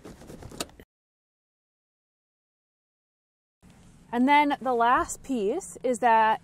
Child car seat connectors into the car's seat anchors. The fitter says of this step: and so what we're going to do is we're going to pull on that so that it will clip into the seat